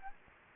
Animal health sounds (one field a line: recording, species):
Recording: mosquito wingbeat signal from an infrared sensor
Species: Anopheles gambiae